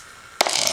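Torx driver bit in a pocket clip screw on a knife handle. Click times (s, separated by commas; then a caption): 0.4 s. A torx driver bit turning a heavily threadlocked steel pocket clip screw on a Civivi Perf folding knife handle slips and strips with a sharp metallic snap at 0.4 s. Faint rattling and scraping follow. The bit is stripped and the screw stays in place.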